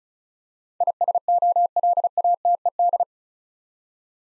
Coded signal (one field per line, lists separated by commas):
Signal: Morse code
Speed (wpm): 36 wpm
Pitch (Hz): 700 Hz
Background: none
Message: ISOLATED